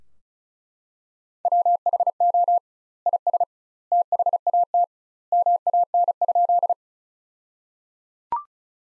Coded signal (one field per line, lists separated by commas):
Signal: Morse code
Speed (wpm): 34 wpm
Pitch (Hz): 700 Hz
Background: none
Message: WHO IS THAT MAN?